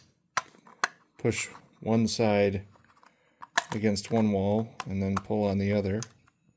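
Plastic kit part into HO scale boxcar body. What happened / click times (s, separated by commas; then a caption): The plastic part is being flexed into position but has not seated yet / none. A plastic kit part is worked into the body of an HO scale Accurail 40ft boxcar kit, with one side pushed against one wall and the other side pulled so it flexes in, while someone talks. Short taps and handling clicks come between the words, the sharpest near 0.4, 0.8 and 3.6 seconds. The clip ends before the part goes home, and nothing has seated or clicked into place yet.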